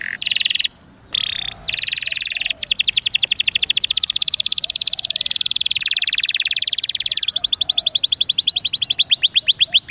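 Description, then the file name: Atlantic canary song: short buzzy bursts with brief gaps, then a long run of fast, even, high trilled notes. Song in the cengkok mewah (ornate) style. "suara kenari cengkok mewah"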